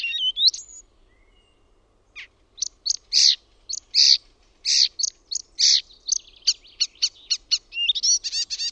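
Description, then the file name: Icterine warbler song: a whistled opening, a pause, then chattering harsh notes and rapid repeated squeaky phrases toward the end. "KULTARINTA"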